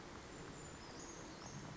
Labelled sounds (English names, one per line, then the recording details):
Brown Creeper
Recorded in Sonoma County, California